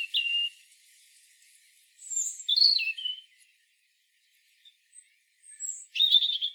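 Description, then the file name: European robin song: short, high, thin warbled phrases with sliding whistles, separated by pauses. "Erithacus rubecula"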